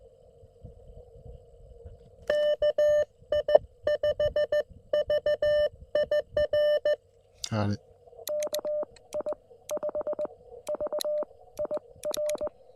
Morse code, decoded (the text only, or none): KI5VIR KI5VIR